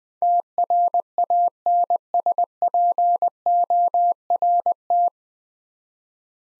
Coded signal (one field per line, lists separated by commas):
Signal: Morse code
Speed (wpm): 20 wpm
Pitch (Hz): 700 Hz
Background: none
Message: TRANSPORT